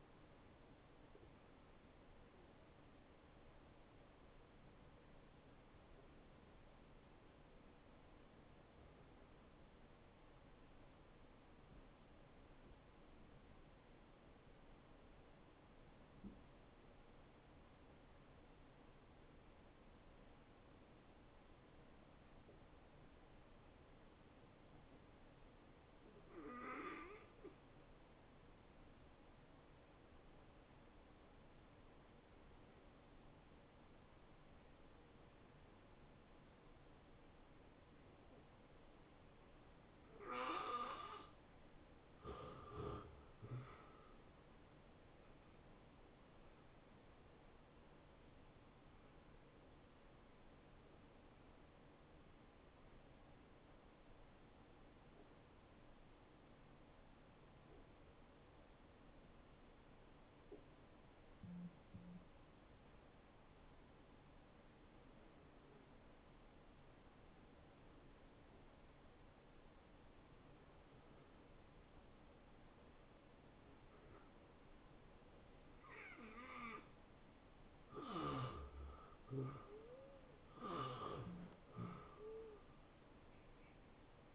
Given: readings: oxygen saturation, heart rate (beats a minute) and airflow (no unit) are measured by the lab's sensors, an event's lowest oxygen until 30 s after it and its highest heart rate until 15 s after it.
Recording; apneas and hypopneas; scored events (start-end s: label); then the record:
breathing in sleep by a voice recorder at the bedside; 2
3.00-41.00 s: hypopnea (N2, oxygen 92% highest, then 77% lowest, heart rate 81 at the start, 81 highest)
53.00-76.90 s: hypopnea (N2, oxygen 88% highest, then 79% lowest, heart rate 79 at the start, 82 highest)
From the record:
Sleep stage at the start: N2 (light sleep); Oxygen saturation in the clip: 77 to 92%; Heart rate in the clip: 69 to 83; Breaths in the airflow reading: 18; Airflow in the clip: -17.8 to 7.3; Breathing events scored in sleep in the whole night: 263 in 5.5 hours asleep